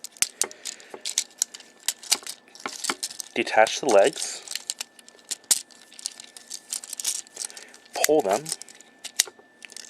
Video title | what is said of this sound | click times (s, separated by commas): Transformers Generations War for Cybertron Optimus | until they click then right here flip the wheels behind like this | 9.2 s